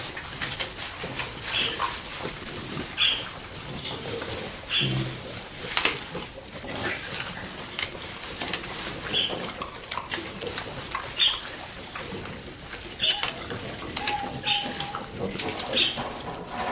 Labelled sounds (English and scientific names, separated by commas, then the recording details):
Hamadryas Baboon (Papio hamadryas) call
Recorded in captivity
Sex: group
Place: Tierpark Görlitz, Sachsen, DE
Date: 1988-02-24 10:31
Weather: bedeckt, ca. 0°C
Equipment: Nagra SN
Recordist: Tembrock, Günter
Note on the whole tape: Gruppe (ein Männchen, fünf Weibchen): diverse Laute, dann nach Fütterung bzw. bei Futtersuche